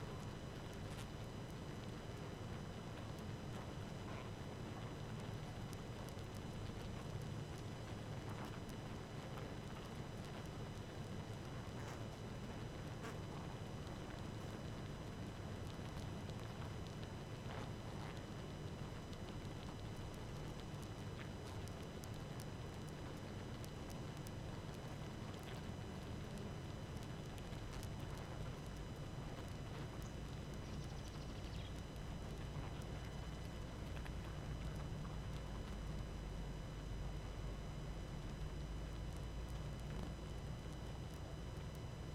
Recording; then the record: honeybee colony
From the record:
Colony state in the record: active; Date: 12 June 2018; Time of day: 18:43